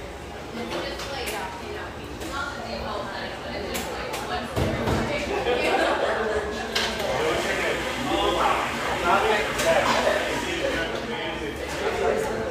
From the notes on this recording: lively ambience from this rustic, bayside coffeeshop